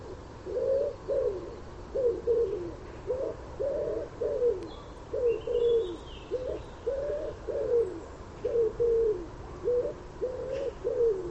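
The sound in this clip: Common wood pigeon giving rhythmic phrases of soft, hoarse coos, repeated steadily, with a brief high chirping from another bird partway through.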